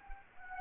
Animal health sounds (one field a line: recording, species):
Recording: mosquito wingbeat signal from an infrared sensor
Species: Anopheles gambiae